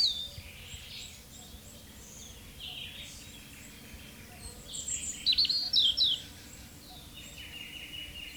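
European robin gives one brief high, thin warbled phrase after the middle, over a steady background of other high-pitched birdsong.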